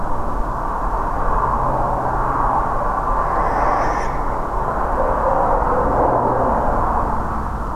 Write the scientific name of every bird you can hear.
Tyto alba